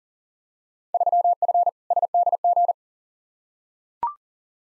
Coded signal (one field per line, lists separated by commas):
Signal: Morse code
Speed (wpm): 40 wpm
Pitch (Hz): 700 Hz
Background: none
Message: 3F SDG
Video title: Field Day Exchange v2 - 40wpm